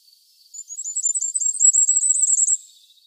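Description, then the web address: Firecrest song: a two-second run of very high, thin notes that grows louder and rises slightly, ending abruptly; no other sounds. "Schulze Peter Firecrest song"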